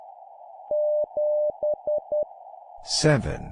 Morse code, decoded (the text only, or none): 7E